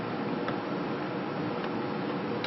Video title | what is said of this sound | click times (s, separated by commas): Ring Sizing Repair Bracelet Clasp | you can hear it snap into place now | 0.5 s, 2.4 s